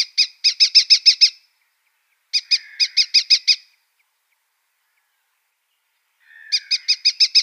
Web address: Schulze Peter Red-footed Falcon